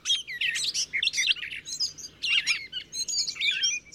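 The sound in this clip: Gray Catbird song: a rapid, nearly continuous jumble of squeaky, chattering and whistled notes, constantly changing, with only brief gaps between bursts.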